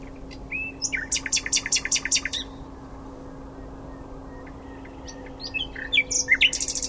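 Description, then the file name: Common nightingale song: a rhythmic series of loud, sharp repeated notes, a pause, then a new phrase of chirps and a rapid high trill. "Luscinia megarhynchos"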